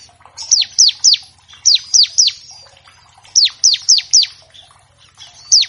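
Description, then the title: Bar-winged prinia: clear, descending whistled notes given in groups of three or four, with short gaps and a soft low hum behind. Energetic bar-winged prinia paired with a singing canary in a master track to tutor captive birds of all kinds; used as a lure to make prinias start singing quickly. "Masteran Ciblek Gacor Vs Kenari Gacor Untuk Masteran Semua Jenis Burung. Pancingan Ciblek bahan agar cepat bunyi. Burung Ciblek"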